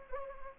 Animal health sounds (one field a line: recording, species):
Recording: mosquito wingbeat signal from an infrared sensor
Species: Anopheles gambiae